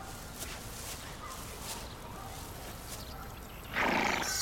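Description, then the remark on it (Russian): Hooves of a horse with a carriage clop in a loose, steady rhythm on a street over a low background rumble, then the horse lets out a loud, high whinny that closes the sound. “Выйдя на улицу, Лиза увидела лошадь с каретой.”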